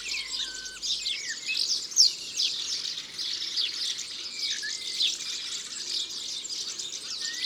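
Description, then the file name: European serin: a sustained, shimmering, very high twittering song, with occasional slurred whistles of other birds mixed in. "Serin cini ABC des chants doiseaux"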